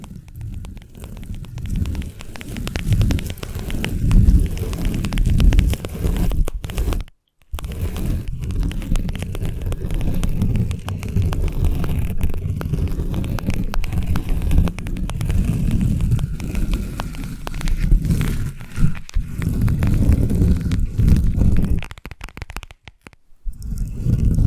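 Invisible tapping, scratching and tracing, heard as a dense, continuous rustle of soft scraping and crinkling with quick ticks throughout. The texture sits mostly low and muffled, with brief near-silent gaps just after seven seconds and again around twenty-two seconds.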